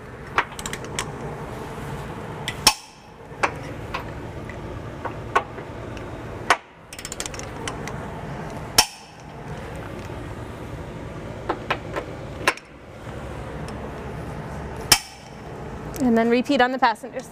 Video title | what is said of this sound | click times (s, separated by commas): 2014 Acura MDX Trailer Hitch Install | You're just going to go to hear that nice click. | 0.4 s, 2.7 s, 6.5 s, 8.8 s, 12.5 s, 14.9 s